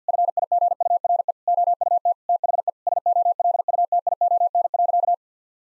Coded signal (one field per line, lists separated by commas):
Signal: Morse code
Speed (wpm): 50 wpm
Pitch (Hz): 700 Hz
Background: none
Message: FIGURE OUT THE SOLUTION.